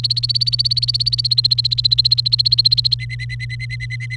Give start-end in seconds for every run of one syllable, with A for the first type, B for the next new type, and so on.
0.00-2.94 A, 2.99-4.16 B